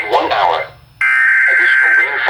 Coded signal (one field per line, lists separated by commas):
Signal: Emergency Alert System (SAME) tones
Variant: header bursts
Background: speech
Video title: Flash Flood Warning on WXL58, WNG706, and multiple FM stations (EAS #1302-1321)